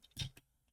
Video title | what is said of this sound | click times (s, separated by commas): Studio Series TFOne B-127 Bumblebee (Random Review) | That's going to snap into place. | 0.2 s